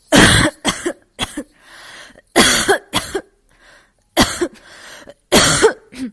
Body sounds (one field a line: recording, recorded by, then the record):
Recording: voluntary cough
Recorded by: messaging app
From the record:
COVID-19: negative